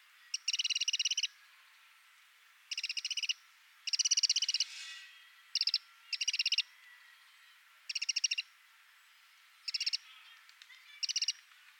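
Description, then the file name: Eurasian wren repeating scolding rattles, each a fast burst of clicks lasting under a second, separated by short gaps. "Troglodytes troglodytes"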